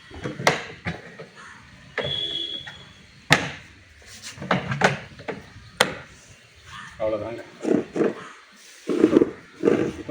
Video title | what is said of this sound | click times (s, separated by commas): How to Crate Train a Dog - Kombai - Kombai நாய்- | பண்ணிட்டு press பண்ணா லாக் ஆயிடும் போர் சைடும் லாக் பண்ணி | 0.5 s, 3.3 s, 4.5 s, 5.8 s